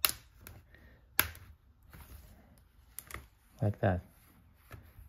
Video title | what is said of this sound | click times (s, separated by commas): HP Pavilion X360 m Convertible Not working Microphone Repair | hear it pop so it's unlikely | 0.1 s, 1.2 s